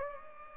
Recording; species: mosquito wingbeat signal from an infrared sensor; Culex pipiens